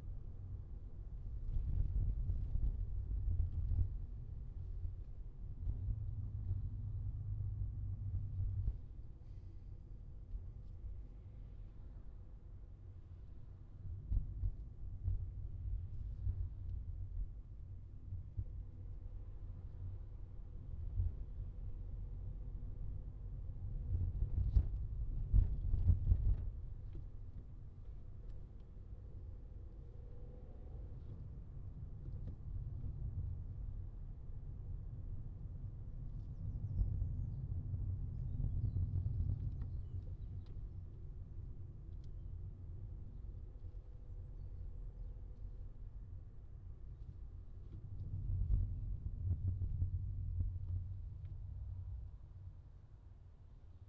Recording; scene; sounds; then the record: everyday scene through a hearing-aid microphone; in a vehicle; engine, highway traffic jam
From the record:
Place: Skoda Fabia, gasoline engine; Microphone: in the ear canal, left